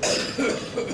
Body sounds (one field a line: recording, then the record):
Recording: coughing mixed with background sound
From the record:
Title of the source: Spring Cold Coughing 3